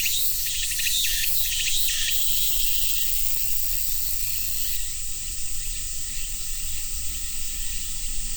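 Cicada drone pulsing for the first two seconds, then continuing as a smooth, unvarying high-pitched hiss.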